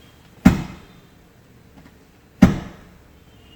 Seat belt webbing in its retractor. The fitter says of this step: पूरा लॉक हो गया देखिए वापस आवाज़ सुनिएगा हुआ है कि यह